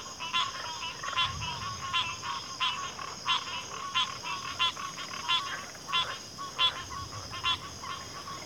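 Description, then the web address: Crickets: a steady high trill of a cricket chorus under a busy run of repeated rasping, clicking frog croaks, about one and a half per second. Cricket chorus recorded at a backwater. "Natures Songs Sleep Sounds of Nature CRICKETS Backwater Chorus"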